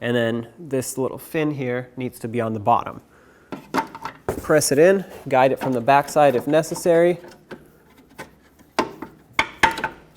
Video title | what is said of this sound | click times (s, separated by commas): How to Replace Fog Light 2009-2014 Ford F-150 | It should lock into place. It didn't. | none